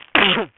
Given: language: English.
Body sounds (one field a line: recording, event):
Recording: throat vibration sensor signal played as sound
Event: cough